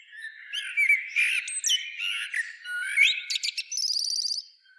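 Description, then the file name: Common blackbird giving a dense run of warbled, whistled notes and squeaky high flourishes, ending in a rapid, buzzy, trilled twitter before fading. "Turdus merula"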